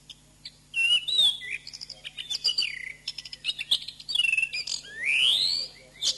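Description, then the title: Thrush song with loud whistled notes, sweeping slurs and quick chattering phrases, including a long rising whistle near the end, delivered in varied bursts. "Suara Burung Anis"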